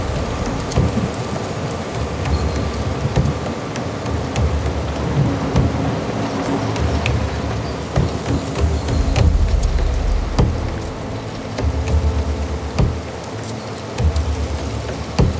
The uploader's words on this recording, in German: Natur - Hochgern im Chiemgau. Aufnahme vom Hochgern bei Wind und Wetter.